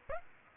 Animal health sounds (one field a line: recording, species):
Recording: mosquito wingbeat signal from an infrared sensor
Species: Aedes aegypti